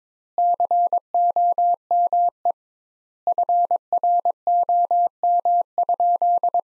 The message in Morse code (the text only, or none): COME FROM?